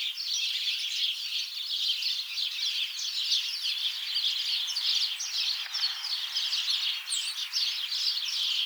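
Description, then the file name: House sparrows calling together, a thick continuous wall of bright chirps and cheeps overlapping constantly, with one clearer higher note standing out near the seventh second. "Passer domesticus"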